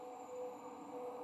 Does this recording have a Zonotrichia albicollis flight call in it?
no